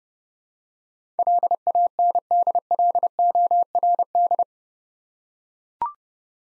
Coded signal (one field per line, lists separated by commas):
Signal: Morse code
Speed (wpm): 30 wpm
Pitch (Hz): 700 Hz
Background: none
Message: LANDLORD